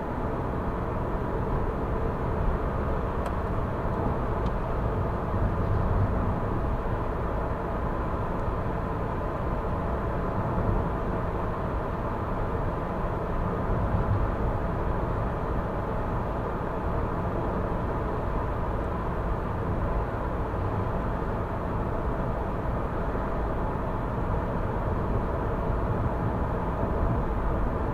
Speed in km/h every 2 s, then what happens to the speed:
93, 98, 100, 97, 97, 97, 97, 96, 96, 96, 96, 96, 96, 95.
0-28 steady at about 96.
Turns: none.